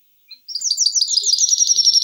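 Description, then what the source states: Canary song: a rapid run of high, bright warbled notes and trills, starting after a brief pause and a single short note and continuing steadily to the end. Canary song intended for training.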